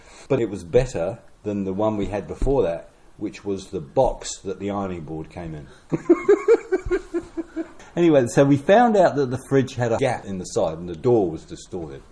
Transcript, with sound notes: But it was better than the one we had before that, which was the box that the ironing board came in. [Laugh] Anyway, so we found out that the fridge had a gap in the side, and the door was distorted.